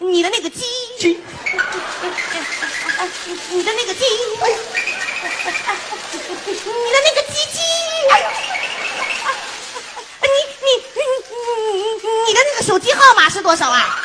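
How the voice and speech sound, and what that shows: A high-pitched Mandarin speaker restarts the phrase "your that ji" three times, with long drawn-out final syllables and pauses. A rapid five-fold "you you you" repetition follows before a question asking for a phone number finally comes out. This is acted stuttering in a comedic erzhuanren (two-person folk duet) skit in which one stutterer courts another.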